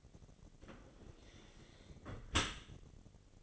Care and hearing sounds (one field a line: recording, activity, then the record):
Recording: daily activity, microphone in the room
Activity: close dishwasher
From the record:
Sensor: 4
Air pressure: 1003.9 hPa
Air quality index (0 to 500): 153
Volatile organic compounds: 2 ppm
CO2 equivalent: 1090 ppm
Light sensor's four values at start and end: 27/65/27/30 and 28/68/28/31